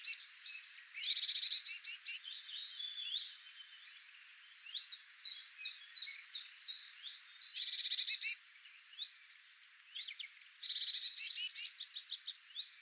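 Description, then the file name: Eurasian blue tit giving varied high-pitched calls: scratchy chattering bursts mixed with spaced, sharp ticking notes and brief pauses. "Cyanistes caeruleus"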